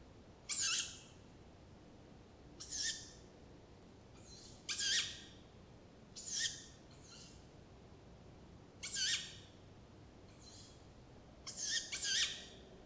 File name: waldkauz